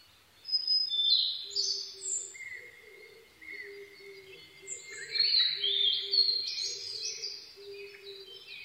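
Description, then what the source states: Blue-and-white flycatcher song: two loud bursts of high whistled notes joined by softer level notes, over a faint low repeated tone. 22 May 2011 at 04:34.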